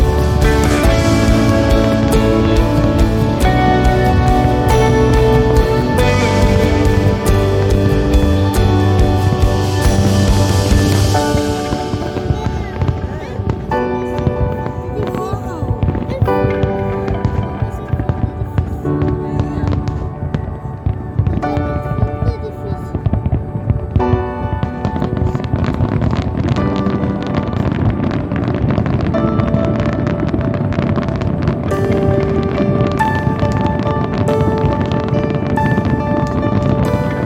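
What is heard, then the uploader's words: Fireworks over the island boom continuously and loud, with dense low rumbling blasts and crackles, brighter bursts early, then a thick, steady roar of explosions. Madeira Island Fireworks. My view is a bit high up in the mountains.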